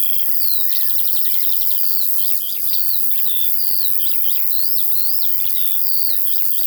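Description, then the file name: Crickets keep up an unbroken high-pitched buzzing while larks pour out rapid, sliding whistled notes and quick rattled trills. Field ambience with crickets and larks. "Sounds from a Field Larks and Crickets"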